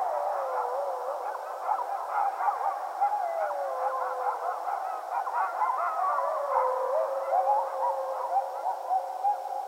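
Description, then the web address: Coyotes howling and yipping together, many overlapping wavering, quavering tones sliding up and down, a dense chorus sustained throughout with short yips breaking through. Several coyotes, recorded on 15 February 2012. "sounds mammals Coyote 2012 02 15 Coyotes"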